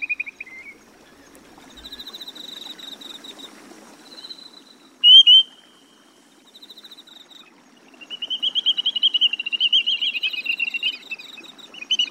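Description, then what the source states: Grey-tailed tattler calls: a whistle, later a sharp rising two-note whistle, then a long fast trill of clear notes, with faint high tones behind. Chiba Prefecture, Japan.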